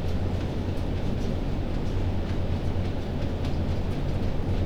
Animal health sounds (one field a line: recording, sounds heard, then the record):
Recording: poultry house recording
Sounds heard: no chicken sound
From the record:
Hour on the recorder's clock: 21